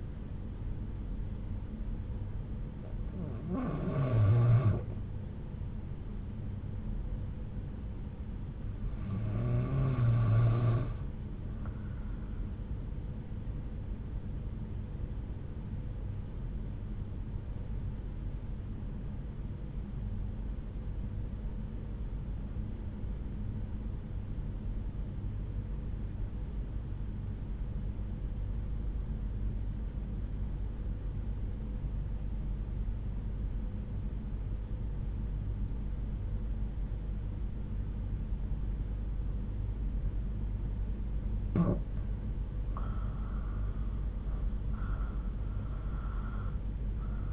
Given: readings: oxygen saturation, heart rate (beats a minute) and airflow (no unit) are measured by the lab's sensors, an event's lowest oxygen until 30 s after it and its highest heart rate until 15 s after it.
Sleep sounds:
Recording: breathing in sleep by a smartphone at the bedside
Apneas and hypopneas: 1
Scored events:
19.00-41.70 s: obstructive apnea (REM, oxygen 94% highest, then 86% lowest)
From the record:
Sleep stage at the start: REM sleep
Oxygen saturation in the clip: 91 to 94%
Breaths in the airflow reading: 3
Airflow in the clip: -7.7 to 7.3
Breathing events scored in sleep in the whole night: 368 in 8.0 hours asleep

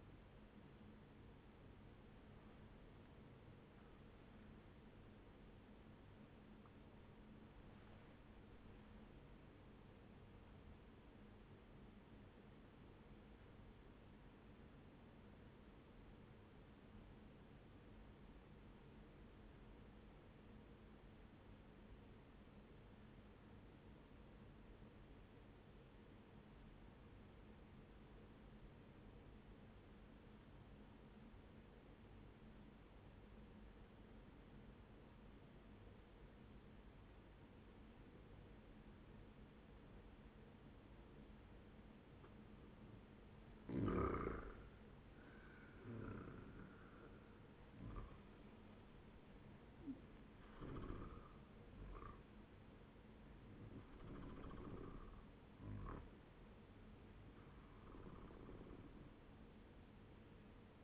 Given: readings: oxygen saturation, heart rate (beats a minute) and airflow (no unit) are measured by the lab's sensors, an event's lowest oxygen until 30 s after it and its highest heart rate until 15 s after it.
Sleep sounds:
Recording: breathing in sleep by a voice recorder at the bedside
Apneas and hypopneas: 1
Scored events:
13.00-41.10 s: obstructive apnea (N1, oxygen 98% highest, then 94% lowest, heart rate 70 at the start, 77 highest)
From the record:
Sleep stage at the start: N1 (lightest sleep)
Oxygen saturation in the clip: 96 to 98%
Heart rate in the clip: 60 to 77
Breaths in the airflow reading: 6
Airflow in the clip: -7.3 to 11.1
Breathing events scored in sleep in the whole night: 131 in 7.2 hours asleep

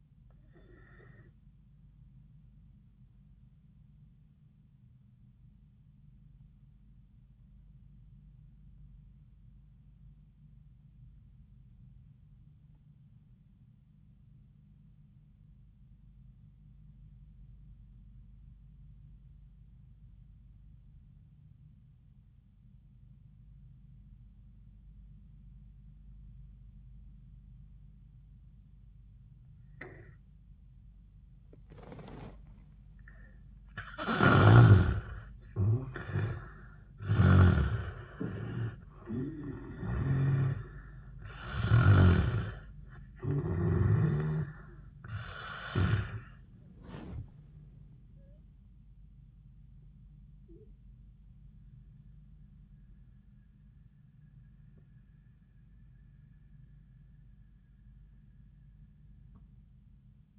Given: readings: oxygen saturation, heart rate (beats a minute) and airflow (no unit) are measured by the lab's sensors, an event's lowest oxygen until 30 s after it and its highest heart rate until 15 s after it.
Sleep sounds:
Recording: breathing in sleep by a smartphone at the bedside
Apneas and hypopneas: 1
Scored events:
5.00-34.30 s: obstructive apnea (N1, oxygen 97% highest, then 74% lowest, heart rate 76 at the start, 87 highest)
From the record:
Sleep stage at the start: N1 (lightest sleep)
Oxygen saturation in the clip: 75 to 97%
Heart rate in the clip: 73 to 87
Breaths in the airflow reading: 4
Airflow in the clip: -16.1 to 8.6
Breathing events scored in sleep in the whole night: 400 in 8.7 hours asleep

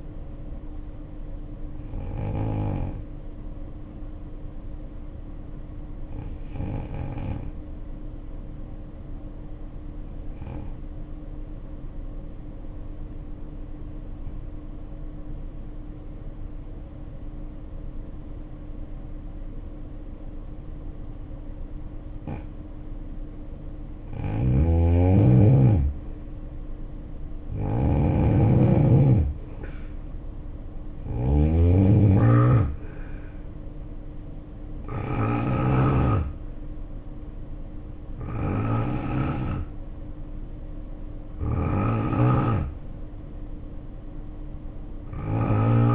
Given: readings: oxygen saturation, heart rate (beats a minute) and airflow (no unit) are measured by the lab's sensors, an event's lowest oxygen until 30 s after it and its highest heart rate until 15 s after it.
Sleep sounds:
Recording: breathing in sleep by a smartphone at the bedside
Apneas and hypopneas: 1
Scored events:
14.00-25.80 s: obstructive apnea (N2, oxygen 95% highest, then 81% lowest, heart rate 61 at the start, 70 highest)
14.00-45.94 s: new sleep stage, N2 (light sleep)
From the record:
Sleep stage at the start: N1 (lightest sleep)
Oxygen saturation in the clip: 79 to 95%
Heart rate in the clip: 56 to 70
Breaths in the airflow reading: 8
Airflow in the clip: -5.1 to 4.8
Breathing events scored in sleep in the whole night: 520 in 7.2 hours asleep

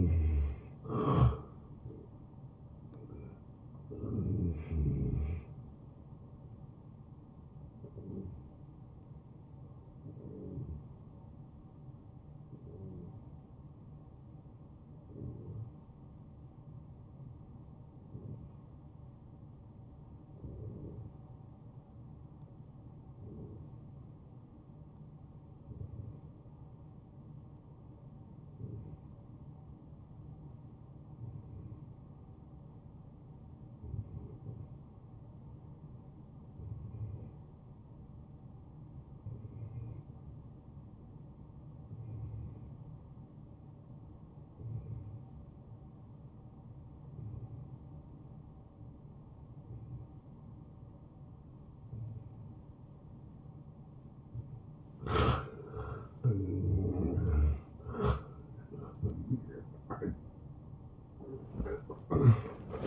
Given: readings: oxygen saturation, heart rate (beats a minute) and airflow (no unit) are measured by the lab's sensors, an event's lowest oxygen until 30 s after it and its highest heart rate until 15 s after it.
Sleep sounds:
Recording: breathing in sleep by a smartphone at the bedside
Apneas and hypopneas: 1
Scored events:
3.00-33.00 s: new sleep stage, N1 (lightest sleep)
12.00-56.50 s: hypopnea (N1, oxygen 95% highest, then 90% lowest)
33.00-62.86 s: new sleep stage, N2 (light sleep)
From the record:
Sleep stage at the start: N2 (light sleep)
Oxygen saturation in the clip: 90 to 95%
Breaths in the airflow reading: 11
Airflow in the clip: -14.4 to 8.8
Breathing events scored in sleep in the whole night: 263 in 5.5 hours asleep

